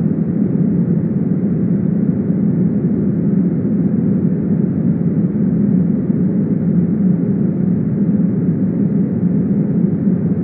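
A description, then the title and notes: Green noise runs steadily from start to finish, a dense, even hiss with no events or pauses. Its weight sits in the low middle, a soft rushing like an engine drone, while the top is cut away so it sounds muffled rather than bright. 1 hour of green noise. Green noise, often described as a constant sound with equal energy per octave.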